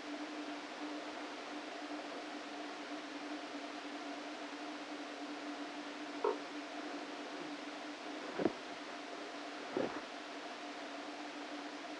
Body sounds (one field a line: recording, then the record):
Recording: brain microelectrode recording played as sound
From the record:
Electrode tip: outside the subthalamic nucleus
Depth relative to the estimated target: 3 mm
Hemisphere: right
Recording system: NeuroSet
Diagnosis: Parkinson's disease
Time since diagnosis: 13 years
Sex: male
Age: 49 years